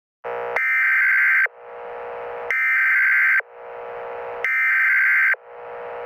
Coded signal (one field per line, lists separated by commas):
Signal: Emergency Alert System (SAME) tones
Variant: header bursts